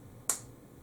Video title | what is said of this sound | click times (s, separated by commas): Bear's Bites 22/02/2021 Part 1 of 6 | was an audible click right | 0.3 s